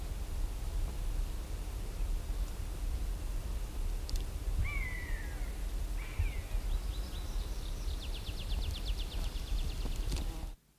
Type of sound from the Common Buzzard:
flight call